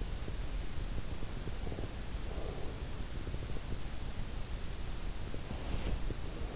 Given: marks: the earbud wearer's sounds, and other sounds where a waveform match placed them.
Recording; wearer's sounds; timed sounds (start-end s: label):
sounds in sleep by an in-ear microphone; breath
1.14-3.16 s: breath
5.44-6.12 s: sound from someone else or the room